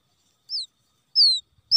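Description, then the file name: Quail chick calls: two high, thin whistled peeps, each sliding downward, separated by a short silence, with a third call starting at the very end. Quail chick lost from the flock, calling for its mother. "tieng cut non keu goi me lac dan chuan"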